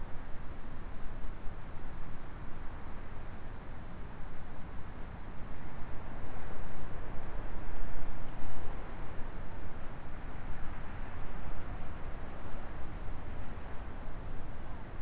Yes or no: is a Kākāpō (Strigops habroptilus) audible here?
no